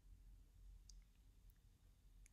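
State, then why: Seated. A plastic trunk trim panel on a Tesla Model 3 is pushed back into the car body with the carpet tucked underneath, during installation of HANSSHOW V6 electric trunk struts. Two short, sharp clicks are heard at 0.9 s and 2.3 s over a low background rumble. The panel clips into place on its own and is seated.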